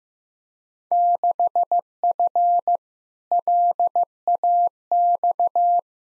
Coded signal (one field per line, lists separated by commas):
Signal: Morse code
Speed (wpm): 15 wpm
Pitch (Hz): 700 Hz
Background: none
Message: 6F LAX